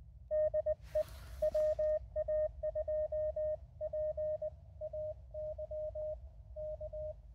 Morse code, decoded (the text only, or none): DE WA2PAY K